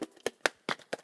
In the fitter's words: that's locked now